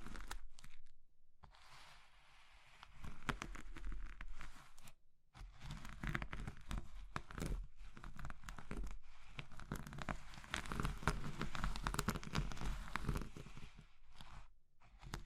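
Soft, brittle material such as soap or chalk is being crushed, giving dense bursts of crackling and crumbling. The crunching comes in uneven waves with brief silent gaps near the start, around five seconds and toward the end, and a low rumble underneath.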